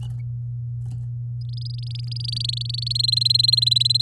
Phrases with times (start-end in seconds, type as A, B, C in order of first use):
1.41-2.93 A, 2.95-4.02 B